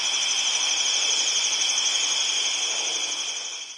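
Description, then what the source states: Crickets keep up a steady high-pitched trilling chorus that fades out toward the end. Midwest, at night.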